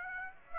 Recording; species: mosquito wingbeat signal from an infrared sensor; Aedes aegypti